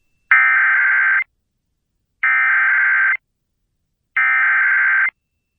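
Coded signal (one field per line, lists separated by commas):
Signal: Emergency Alert System (SAME) tones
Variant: header bursts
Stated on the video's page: Evacuation Immediate EAS alert for a brush fire, issued by civil authorities and the weather service, relayed by an FM station, recorded from its online live stream.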